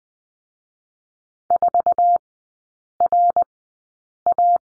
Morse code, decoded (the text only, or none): 4RA